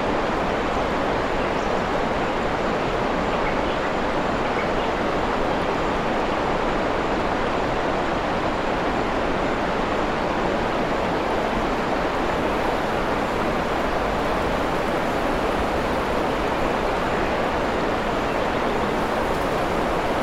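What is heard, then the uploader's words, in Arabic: A waterfall rushes without pause, a dense, even roar that fills the low and middle range with a softer hiss above. The level holds steady for the full twenty seconds, with no distinct events breaking through the continuous pour of water. شلال في منطقة صافية بالغابة. توجه إلى قلب منطقة صافية مخفية في منتصف ويلز، حيث تشكل الشلالات المتدفقة جوًا مهدئًا.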